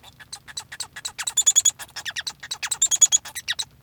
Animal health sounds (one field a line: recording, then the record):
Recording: song of a male Bengalese finch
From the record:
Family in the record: son of father 1